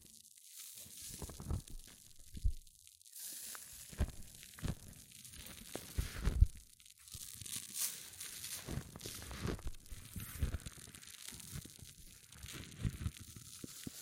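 Hair mousse fizzes and crackles in dense, irregular bursts of tiny pops, bright and hissy on top with soft low thumps underneath. The crackling runs steadily throughout the fourteen seconds, with a few sharper, louder pops around the second, fourth and sixth seconds.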